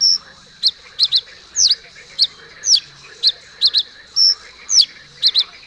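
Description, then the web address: Common reed bunting singing high, clipped notes, some in quick pairs, plus a few longer downslurred notes. "agykontroll Madardalok Cd 3. Nádi sármány"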